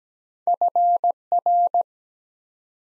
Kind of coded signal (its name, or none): Morse code